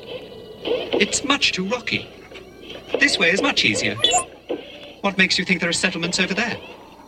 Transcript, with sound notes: It's much too rocky. This way is much easier."
"(Beep)"
"What makes you think there are settlements over there?"